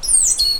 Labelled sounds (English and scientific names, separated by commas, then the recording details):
Stitchbird (Notiomystis cincta) song
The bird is a male
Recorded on Tiritiri Matangi Island, New Zealand, in 2005
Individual 2, of nest box 2